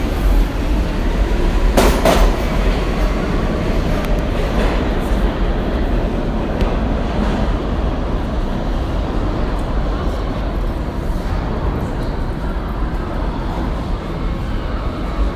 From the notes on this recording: Noises of streets, subway and museums in New York City